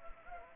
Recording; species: mosquito wingbeat signal from an infrared sensor; Anopheles gambiae